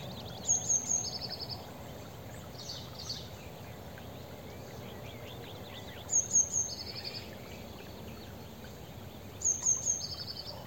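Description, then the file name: Eurasian blue tit giving a call three times: a quick run of high, thin 'tsee' notes and then a lower buzzy churr, spaced several seconds apart, over constant low rumbling noise. "Cyanistes caeruleus"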